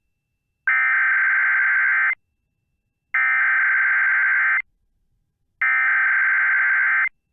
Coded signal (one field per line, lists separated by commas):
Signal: Emergency Alert System (SAME) tones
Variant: header bursts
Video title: EAS Required Monthly Test Wisconsin NOAA Weather Radio KIG64 Duluth/WNG683 +WeatherSTAR4000